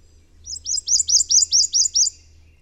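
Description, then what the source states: Prothonotary Warbler song: a loud, bright series of several similar sweet notes, evenly repeated, over a faint low hum. Loud song heard near freshwater in forested settings such as swamps, sloughs and lake edges; bright yellow songbird; described as light, loud, bright 'sweet, sweet, sweet'.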